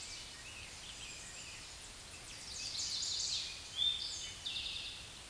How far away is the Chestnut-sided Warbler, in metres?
about 10 m